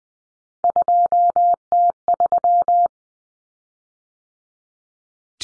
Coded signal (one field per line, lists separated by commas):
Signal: Morse code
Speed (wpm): 20 wpm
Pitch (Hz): 700 Hz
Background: none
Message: 2T3